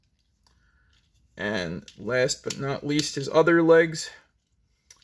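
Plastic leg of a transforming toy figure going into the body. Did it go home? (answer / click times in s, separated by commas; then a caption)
yes / 4.9 s. Someone talks while the other plastic legs of a Transformers Legacy Retro G1 Autobot Gears transforming figure are clipped into position on its body. A short, sharp click sounds at 4.9 s as the leg snaps into place and seats.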